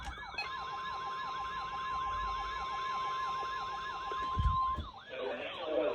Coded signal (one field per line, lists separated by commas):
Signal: Emergency Alert System (SAME) tones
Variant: 1050 Hz attention tone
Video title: EAS 1000!!!!!!! ON MID-VEMBER NIGHT EAS #982-1024 EAS Event November 15, 2020